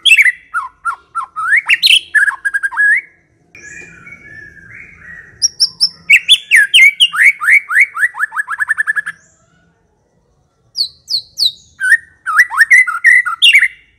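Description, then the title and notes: White-rumped shama song, rapid varied phrases of clear whistles and fast repeated chirps, with two short pauses between bursts. Long-duration lure (pikat) used to attract the birds. "Pikat Murai Batu Durasi Panjang. Burung Murai Batu"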